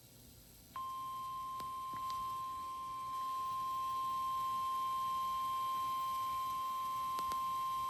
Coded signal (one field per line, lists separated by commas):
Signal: Emergency Alert System (SAME) tones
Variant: 1050 Hz attention tone